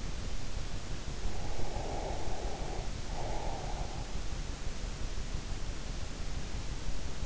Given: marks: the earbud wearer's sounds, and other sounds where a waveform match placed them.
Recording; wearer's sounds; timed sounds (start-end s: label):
sounds in sleep by an in-ear microphone; breath
1.48-4.08 s: breath